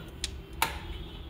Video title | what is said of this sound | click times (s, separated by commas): Fixed-PC Turn On but No Display/ No Signal in Monitor/ computer চালু কিন্তু display আসেনা | শব্দ হবে, এরকম কটকট করে দুই পাশে শব্দ হবে। যখন শব্দ হবে বুঝে নেবেন যে আপনার র্যামটা | 0.2 s, 0.6 s